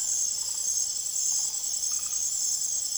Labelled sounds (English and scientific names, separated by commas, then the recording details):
none
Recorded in secondary vegetation near Puerto Asís, Putumayo, Colombia, on 25 June 2025 at 22:00
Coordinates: 0.489, -76.322
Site G021